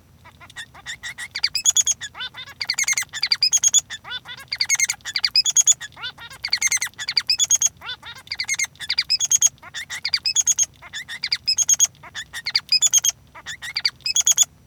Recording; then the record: song of a male Bengalese finch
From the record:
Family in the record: son of father 3